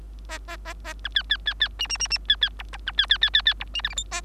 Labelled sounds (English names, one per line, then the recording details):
Bengalese Finch song
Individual Bird3